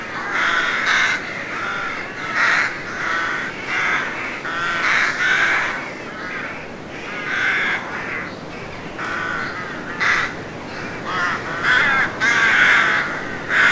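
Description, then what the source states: Rooks cawing, harsh grating calls from several birds overlapping in irregular bursts throughout, with a constant low background hiss. Nesting rooks.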